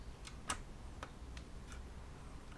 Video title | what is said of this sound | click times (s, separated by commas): Takom 1/16 scale 1/4 Ton G503 MB Willys Jeep #ww2 #models #willysjeep | he lift this this Shield click you can hear it click in again when you clock blocks in | 0.5 s